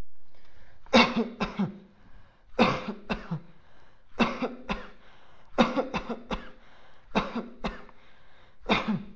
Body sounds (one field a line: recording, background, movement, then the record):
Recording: voluntary coughing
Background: quiet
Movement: sitting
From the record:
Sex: male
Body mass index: 20.6 kg/m2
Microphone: on the chest, facing outward